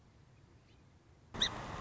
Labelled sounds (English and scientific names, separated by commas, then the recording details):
Song Sparrow (Melospiza melodia)
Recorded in Sonoma County, California